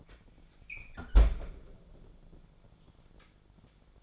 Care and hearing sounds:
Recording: daily activity, microphone in the room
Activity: close fridge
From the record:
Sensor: 5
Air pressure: 1000.2 hPa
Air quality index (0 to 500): 101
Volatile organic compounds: 1 ppm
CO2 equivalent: 815 ppm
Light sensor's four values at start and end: 243/573/246/271 and 239/568/243/267

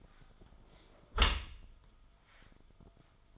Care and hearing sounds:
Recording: daily activity, microphone in the room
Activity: close dishwasher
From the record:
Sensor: 5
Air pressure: 1004.9 hPa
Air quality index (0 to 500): 93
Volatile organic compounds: 2 ppm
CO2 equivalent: 1121 ppm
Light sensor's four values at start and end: 33/75/30/30 and 33/75/30/30

